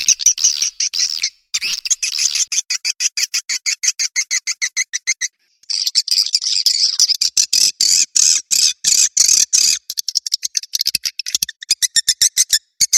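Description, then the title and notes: Swiftlet calls, rapid trains of dry clicks repeated several times a second, broken by a stretch of buzzy high twittering and a short pause. Asia; recording used in swiftlet farming. "Swiflet Bird Sound. Farming Swiflet Bird asia"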